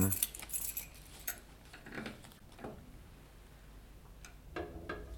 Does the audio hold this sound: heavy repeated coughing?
no